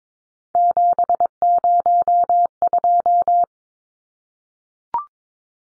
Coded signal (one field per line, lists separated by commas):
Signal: Morse code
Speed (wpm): 22 wpm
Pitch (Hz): 700 Hz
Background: none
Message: 702